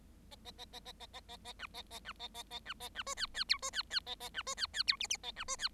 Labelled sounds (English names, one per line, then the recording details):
Bengalese Finch song
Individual Bird7